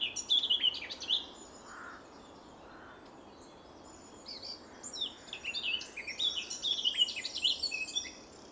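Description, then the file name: Eurasian blackcap song, a short scratchy warble at the start, then a longer fluent run of quick varied chirps and warbled notes over steady background noise. "Sylvia atricapilla"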